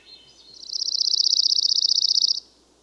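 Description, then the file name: Dark-eyed junco trill: a few soft lead-in notes swell into a fast, steady rattle of high notes lasting under two seconds, then cut off sharply. "Dark eyed Junco Junco hyemalis"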